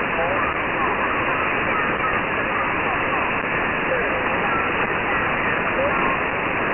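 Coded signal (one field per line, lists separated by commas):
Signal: numbers station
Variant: VC01 Chinese Robot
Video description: The Chinese oddity station VC01, also called the "Chinese Robot" has been around for many years.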